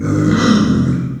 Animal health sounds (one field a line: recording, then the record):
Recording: squeal of a Yucatan mini pig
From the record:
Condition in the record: after surgery on the right vocal fold (resection and tissue-engineered implant)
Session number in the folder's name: 9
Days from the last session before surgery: 65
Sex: female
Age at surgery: 19 weeks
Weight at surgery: 25 kg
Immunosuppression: prednisolone